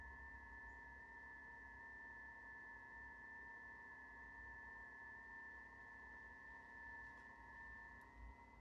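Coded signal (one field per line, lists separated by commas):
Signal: FT8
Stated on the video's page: FT8 sent from the MBPTRX transceiver's built-in FT8 mode, answering a CQ and calling CQ.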